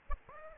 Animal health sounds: mosquito wingbeat signal from an infrared sensor; Aedes aegypti

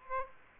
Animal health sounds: mosquito wingbeat signal from an infrared sensor; Aedes aegypti

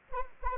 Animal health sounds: mosquito wingbeat signal from an infrared sensor; Anopheles gambiae

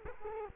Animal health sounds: mosquito wingbeat signal from an infrared sensor; Culex quinquefasciatus

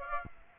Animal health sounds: mosquito wingbeat signal from an infrared sensor; Aedes aegypti

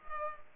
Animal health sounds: mosquito wingbeat signal from an infrared sensor; Culex pipiens

